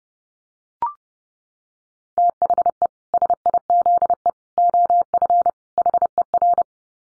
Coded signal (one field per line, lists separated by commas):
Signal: Morse code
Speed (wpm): 30 wpm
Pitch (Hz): 700 Hz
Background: none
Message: THE SIZE OF HER